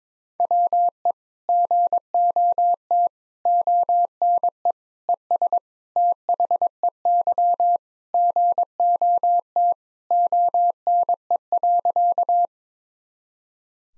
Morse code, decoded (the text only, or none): WE GOT ONE ES THEY GOT ONE.